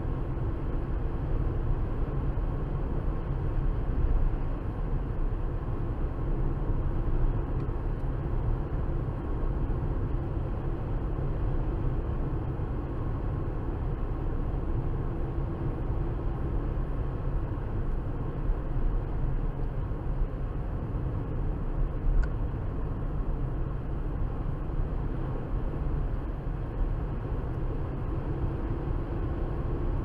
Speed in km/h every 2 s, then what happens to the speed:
84, 84, 84, 84, 84, 84, 82, 82, 82, 81, 81, 79, 79, 81, 84.
0-25 steady at about 82.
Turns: none.